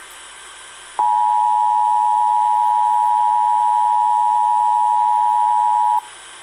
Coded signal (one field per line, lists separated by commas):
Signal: Emergency Alert System (SAME) tones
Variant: 853 and 960 Hz attention tone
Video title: EAS 3121-3124 KDKA Testing at 9:11PM